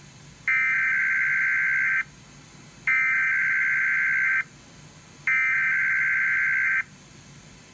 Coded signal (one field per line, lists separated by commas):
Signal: Emergency Alert System (SAME) tones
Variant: header bursts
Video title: KDKA RWT (3/28/21) EAS 215-16